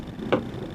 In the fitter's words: just slide that right in, and it snaps right in.